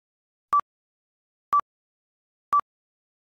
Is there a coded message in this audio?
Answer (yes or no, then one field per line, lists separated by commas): no